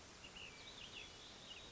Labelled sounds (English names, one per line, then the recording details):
Ash-throated Flycatcher
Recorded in Sonoma County, California